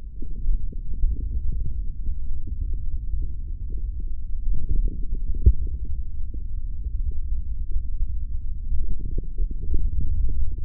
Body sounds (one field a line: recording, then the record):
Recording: forearm muscle sounds (acoustic myography)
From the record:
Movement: hand closing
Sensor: system 3, bracelet of six PUI Audio POM-2738L microphones around the upper forearm, with dedicated amplification and filtering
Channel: 1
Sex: male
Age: 23 years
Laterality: right